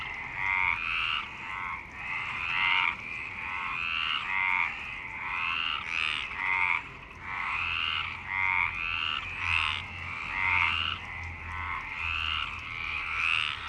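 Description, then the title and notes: Frogs croak in an overlapping chorus of raspy pulsed calls, each burst lasting under a second, coming thick and steady throughout. Frogs in Parc Longchamp, Marseille, Provence-Alpes-Côte d'Azur, France, 26 March 2011 at 19:35, recorded with a MixPre-6 and Basic UCHO. "Marseille, Provence-Alpes-Côte d'Azur, France - 26_03_11_19_35 Longchamps_004 grenouilles. Grenouilles au parc de Longchamp MIXPRE 6 + BASIC UCHO"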